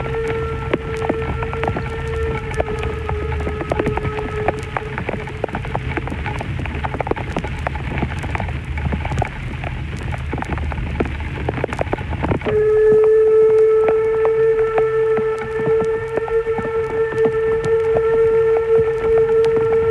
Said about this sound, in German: Lok 99, 72, 38 der Harz-Querbahn vor Personenzug in strömendem Regen zwischen den Bahnhöfen Elend und Sorge.